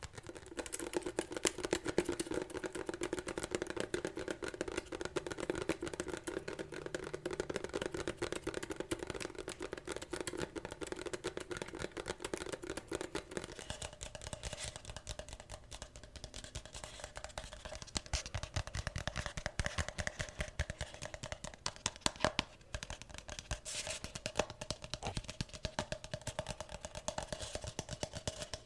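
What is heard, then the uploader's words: Fast, dense tapping clicks continue throughout, over a steady low hum that drops away about halfway, leaving brighter, sparser taps. Unexpected ASMR tapping.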